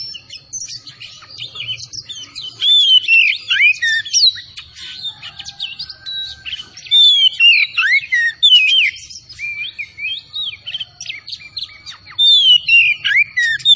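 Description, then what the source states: Oriental magpie-robin song, a long, lively stream of whistles, sharp chips and slurred notes in rapid bursts, faint high tone and low hum beneath. Called kacer Tretes; singing vigorously (gacor).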